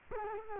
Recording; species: mosquito wingbeat signal from an infrared sensor; Culex quinquefasciatus